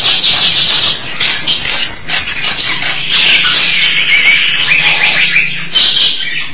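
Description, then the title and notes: Starling song of varied chatter with high slurred whistles, some rising and some sliding down, interwoven with rasping notes in a steady, unbroken stream. "suara burung jalak"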